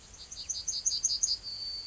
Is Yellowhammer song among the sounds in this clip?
yes